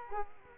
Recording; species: mosquito wingbeat signal from an infrared sensor; Culex quinquefasciatus